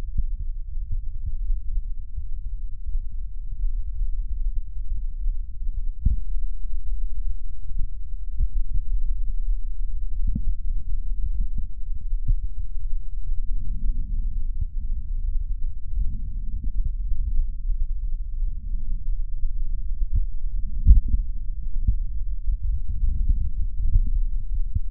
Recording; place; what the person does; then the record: lung sounds by stethoscope; right posterior apical chest; quiet breathing, then deep breathing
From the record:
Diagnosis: none (healthy); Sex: male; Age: 29 years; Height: 180 cm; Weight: 100 kg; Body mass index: 30.9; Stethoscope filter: bell mode